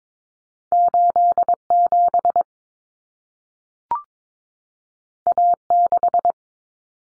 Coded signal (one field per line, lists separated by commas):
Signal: Morse code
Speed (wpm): 22 wpm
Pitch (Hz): 700 Hz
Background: none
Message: 87 A6